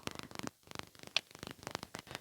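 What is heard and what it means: The manual free-wheel hub lock knob on the front wheel hub of a Hino Dutro 4x4 truck is turned back from LOCK to FREE to disengage four-wheel drive. A rapid series of small sharp ticks runs through the turn, with the loudest click at 1.2 s. The hub is released to free.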